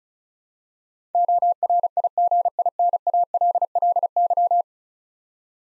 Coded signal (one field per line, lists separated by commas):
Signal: Morse code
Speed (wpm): 36 wpm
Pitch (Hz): 700 Hz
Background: none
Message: ORIGINALLY